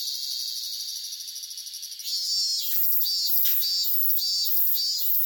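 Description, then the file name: Cicada chorus buzzing steadily and high-pitched; after two seconds it swells louder as a pulsed buzz joins. Cicadas in Tokyo during summer. "INSECT CICADAS TOKYO SUMMER"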